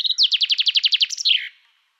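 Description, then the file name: Common chaffinch song fragment: a fast run of repeated downward-slurred notes followed by a short twisting flourish, then quiet. "Fringilla coelebs"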